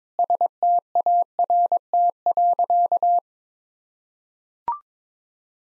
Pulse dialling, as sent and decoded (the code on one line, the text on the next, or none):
none